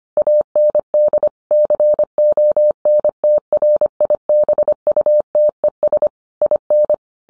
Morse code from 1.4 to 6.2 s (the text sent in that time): CONTRIBUTES